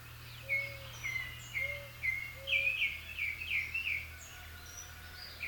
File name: Northern mockingbird